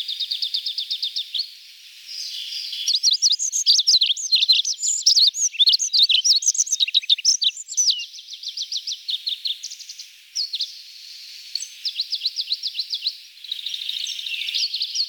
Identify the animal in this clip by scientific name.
Anthus hodgsoni